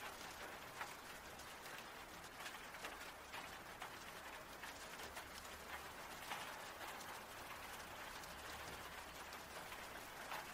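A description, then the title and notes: Rain falls in a steady, dense hiss with frequent bright drop spatters, over a low continuous rumble that holds throughout. RAIN SOUNDS.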